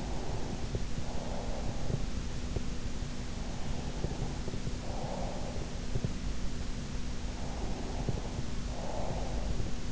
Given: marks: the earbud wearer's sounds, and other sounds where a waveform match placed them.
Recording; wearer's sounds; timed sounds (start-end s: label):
sounds in sleep by an in-ear microphone; breath
0.00-2.00 s: breath
3.57-5.81 s: breath
7.63-9.89 s: breath